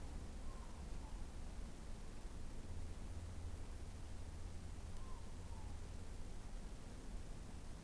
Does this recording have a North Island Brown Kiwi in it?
no